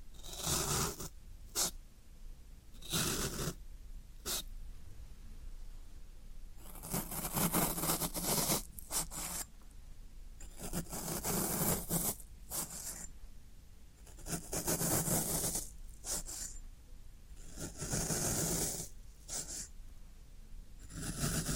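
Floral foam being handled, with bursts of crisp, crumbly scraping and crunching spread across the clip. Short rasps at the start give way to longer, denser scrapes between about 7 and 17 seconds. A low, steady hum sits underneath throughout.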